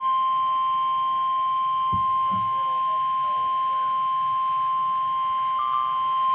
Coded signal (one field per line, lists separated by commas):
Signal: Emergency Alert System (SAME) tones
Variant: 1050 Hz attention tone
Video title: EAS Alerts: Severe thunderstorm warnings